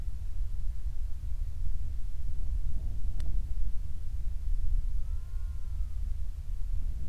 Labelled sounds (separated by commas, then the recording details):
loon
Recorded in the Prudhoe Bay oil fields, Alaska, on 28 July 2019 at 05:28
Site 25